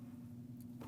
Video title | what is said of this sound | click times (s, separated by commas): How to Replace Multiple Displacement Solenoids 2009-2010 Dodge Ram 1500 | until it clicks. There we go. Now that's unplugged, which lets you press on the | 0.6 s, 0.8 s